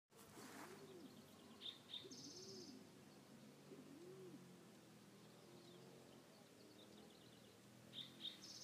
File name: Band tailed Pigeon Patagioenas fasciata